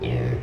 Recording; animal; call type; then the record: contact call of a hoofed animal; pig; closed-mouth grunt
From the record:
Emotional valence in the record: negative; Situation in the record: short social isolation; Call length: 0.43 s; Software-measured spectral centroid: 1310 Hz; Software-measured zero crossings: 710 a second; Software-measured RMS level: -24 dBFS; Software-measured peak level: -14 dBFS